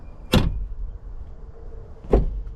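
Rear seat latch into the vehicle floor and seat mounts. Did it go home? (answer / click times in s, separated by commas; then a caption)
yes / 0.3 s, 2.1 s. The folding rear seat of a first-generation 4Runner is raised from its storage position: the seat back is pulled back until it clips in, and the base is thrown down until its latch locks into the vehicle floor and seat mounts. Two sharp, bright clacks ring out at 0.3 s and 2.1 s over a low, steady background hum. The seat ends up clipped and locked into place.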